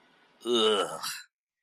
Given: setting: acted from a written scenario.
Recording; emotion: vocal sound without words; disgust